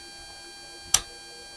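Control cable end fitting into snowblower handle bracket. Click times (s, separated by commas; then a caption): 0.9 s. With the rubber pulled back, a control cable fed through is pushed into its handle bracket on a Troy-Bilt 30 inch snowblower. A single sharp click sounds at 1.0 s against a quiet, steady background hum. The cable end fitting snaps in and is seated.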